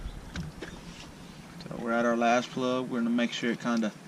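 A spark plug wire boot is being handled over a spark plug terminal during a tune-up on a 1994 Crown Victoria or Grand Marquis, with plugs that are not brand new. Someone talks over a few faint handling sounds near 0.4, 1.6 and 1.7 seconds. Nothing has seated or clicked yet.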